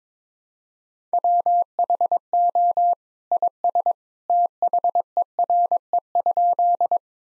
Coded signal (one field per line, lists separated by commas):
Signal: Morse code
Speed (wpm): 22 wpm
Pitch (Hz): 700 Hz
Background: none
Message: WHO IS THERE?